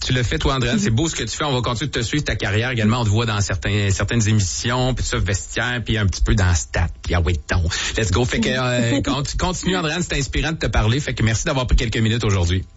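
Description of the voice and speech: A man speaks fluent, clear Quebec French at a lively pace, thanking and encouraging a guest; ordinary speech.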